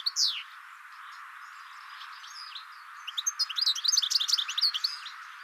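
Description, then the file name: European goldfinch giving a falling slurred note, then a fast tinkling run of high twittering notes and liquid chirps over steady background hiss. "Carduelis carduelis"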